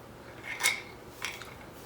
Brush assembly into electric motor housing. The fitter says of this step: So when you push this guy in, this brush assembly, you can actually feel it click when it goes into the sweet spot.